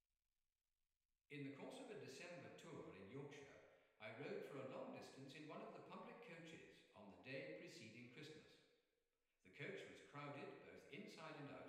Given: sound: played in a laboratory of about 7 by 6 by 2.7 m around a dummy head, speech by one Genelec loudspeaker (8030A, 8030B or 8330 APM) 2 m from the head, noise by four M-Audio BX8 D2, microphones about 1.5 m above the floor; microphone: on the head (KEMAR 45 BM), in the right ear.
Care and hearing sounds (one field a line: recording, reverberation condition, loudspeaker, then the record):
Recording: male speech in English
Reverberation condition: high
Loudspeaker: in front (0 degrees)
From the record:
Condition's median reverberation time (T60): about 1300 ms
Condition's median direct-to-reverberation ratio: about -4.0 dB